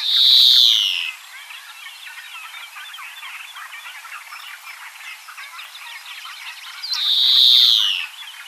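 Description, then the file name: European greenfinch repeating its long buzzy wheeze twice, about six seconds apart, with a busy chatter of soft bird twitters filling the gap. "Chloris chloris"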